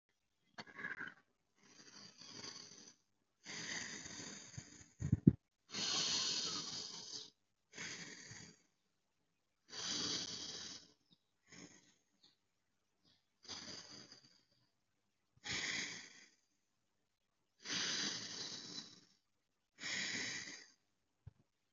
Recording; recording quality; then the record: deep breathing; excellent, no background noise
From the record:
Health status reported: respiratory illness, not identified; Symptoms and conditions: asthma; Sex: female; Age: 22 years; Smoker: not ticked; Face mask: not worn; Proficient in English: yes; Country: India